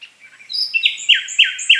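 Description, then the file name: Common nightingale song: brief soft notes, then loud, rich downslurred phrases repeated in quick succession. "Luscinia megarhynchos"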